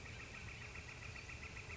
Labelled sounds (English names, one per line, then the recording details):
Northern Flicker
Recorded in Sonoma County, California